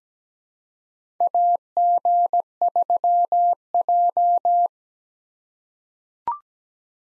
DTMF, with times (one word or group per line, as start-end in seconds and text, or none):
none